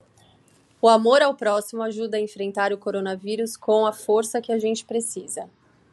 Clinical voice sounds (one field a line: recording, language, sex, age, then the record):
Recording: spoken sentence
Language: Brazilian Portuguese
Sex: female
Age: 40 to 49 years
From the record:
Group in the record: control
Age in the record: 41 years